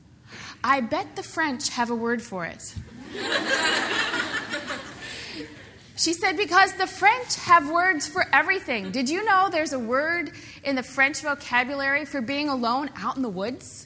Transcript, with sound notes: I bet the French have a word for it.”(laughter) She said, “Because the French have words for everything. Did you know there’s a word in the French vocabulary for being alone out in the woods?